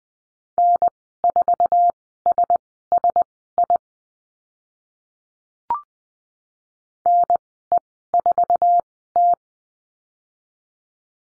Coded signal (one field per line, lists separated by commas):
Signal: Morse code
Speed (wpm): 20 wpm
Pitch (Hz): 700 Hz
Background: none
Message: N4SSI NE4T